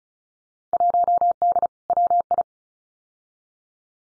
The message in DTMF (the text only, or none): none